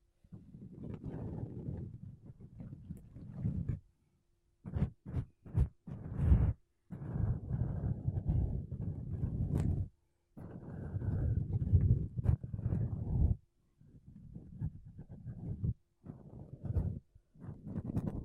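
Makeup brushes and a sponge rub and brush across a microphone in dense, low, rustling bursts. Long sweeping passages alternate with short sharp taps around five to six seconds and near twelve seconds, separated by brief silent gaps.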